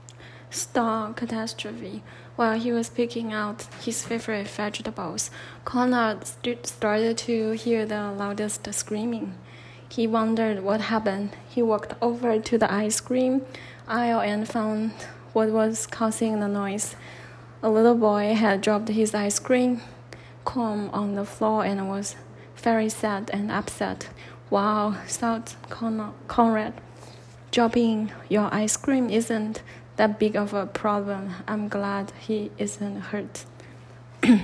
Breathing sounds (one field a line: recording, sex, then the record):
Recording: reading aloud after running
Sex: female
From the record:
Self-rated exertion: light exertion (2 of 6)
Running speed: 6 miles an hour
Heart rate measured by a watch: 109 beats a minute at the start, 105 at the end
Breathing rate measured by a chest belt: 22 breaths a minute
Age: 30 years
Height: 160 cm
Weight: 51 kg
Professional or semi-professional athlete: no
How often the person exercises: 3 to 5 times a week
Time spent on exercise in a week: over 5 hours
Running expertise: no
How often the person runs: 3 to 5 times a week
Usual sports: running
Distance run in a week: 60 km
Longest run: 42 km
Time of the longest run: 267 minutes